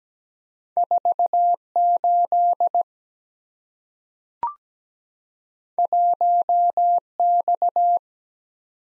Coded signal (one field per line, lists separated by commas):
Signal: Morse code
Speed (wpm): 17 wpm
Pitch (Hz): 700 Hz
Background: none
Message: 4 8 1 X